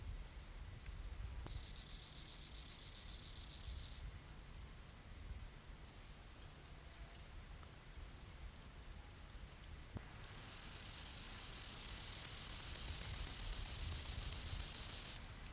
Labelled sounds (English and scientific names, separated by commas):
Rufous Grasshopper (Gomphocerippus rufus) stridulation